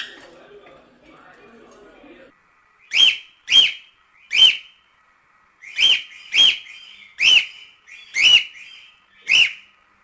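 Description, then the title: Cockatiel whistled calls, each a loud arched note rising then dropping, repeated several times at short, uneven intervals after a quiet, murmuring start. "Calopsitas Cantando Assobio"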